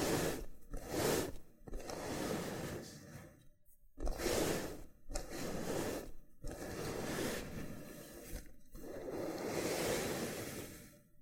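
A loofah is rubbed and scraped in rough, dense strokes, each a gritty swish lasting one to two seconds with brief silent gaps between. Bright bursts near the one, four and ten second marks stand out, and faint crackly popping runs underneath the scratchy texture throughout.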